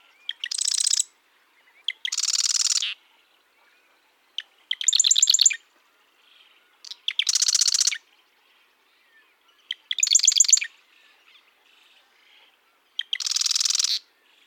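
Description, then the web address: Marsh wren song: six short buzzy, rattling bursts about every two and a half seconds, some clicky and ticking, others harsh and dense, high-pitched, with quiet gaps between. Marsh wren of eastern genetic stock singing mixed songs; songs and genes point to two species in North America. "East genes mixed songs. songs and genes marsh wrens tell of two species in north america"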